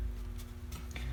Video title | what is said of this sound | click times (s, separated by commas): Less Than $20 For A Qi Charger For Your Apple Products? | and it'll snap into place and i'll show you guys here | 0.9 s, 1.0 s